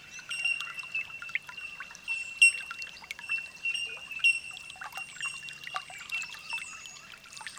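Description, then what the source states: Bellbirds calling: high, pure bell-like tones ringing together without a break, with quick louder pings and short chirps mixed in. Holophonic (olofonia) recording.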